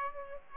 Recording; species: mosquito wingbeat signal from an infrared sensor; Aedes aegypti